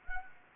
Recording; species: mosquito wingbeat signal from an infrared sensor; Anopheles gambiae